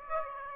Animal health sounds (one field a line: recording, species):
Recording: mosquito wingbeat signal from an infrared sensor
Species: Aedes aegypti